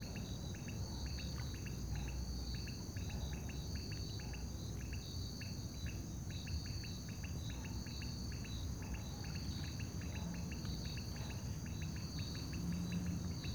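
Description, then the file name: Crickets chirping in rapid regular pulses throughout, with a steady high insect drone and low rumbling background noise. At a lake at night, with distant traffic audible. "Sapos no lago a noite com grilos e transito longe"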